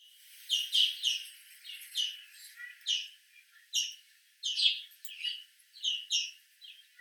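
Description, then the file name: European greenfinch calls: a series of short bright chirps, some in pairs, at irregular intervals. "Chloris chloris"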